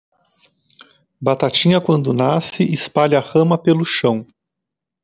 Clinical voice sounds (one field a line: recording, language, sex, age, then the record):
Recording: short text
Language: Brazilian Portuguese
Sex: male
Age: 40 to 49 years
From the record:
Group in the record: control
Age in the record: 48 years